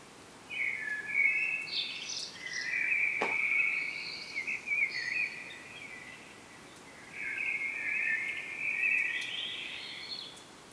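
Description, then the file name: Common blackbird, two long warbling phrases separated by a quiet gap of about two seconds, a sharp click in the first phrase, steady hiss throughout. "Turdus merula"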